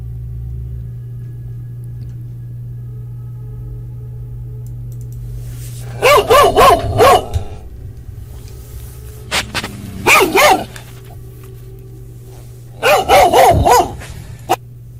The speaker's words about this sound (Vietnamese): Có tiếng con chó yếu ớt sủa trong đêm tối vang lên. Đó ở rất gần chỗ hai người đang đi. Thầy Chu ngạc nhiên không biết vì sao đêm tối ở một nơi hoang vu hẻo lánh như thế này mà lại có con chó đi lạc.